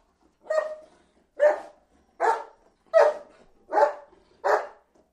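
Dog giving six short, sharp single barks with brief silences in between.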